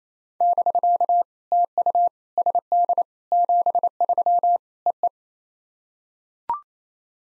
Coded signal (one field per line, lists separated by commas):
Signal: Morse code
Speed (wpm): 28 wpm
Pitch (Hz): 700 Hz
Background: none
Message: <BK> TU SD 73 EE